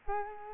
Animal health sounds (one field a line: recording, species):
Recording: mosquito wingbeat signal from an infrared sensor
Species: Culex quinquefasciatus